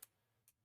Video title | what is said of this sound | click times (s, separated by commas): ESP32 Product Creation Journey: Wiring Up the Battery Level Test | just crimp it down until it clicks | 0.0 s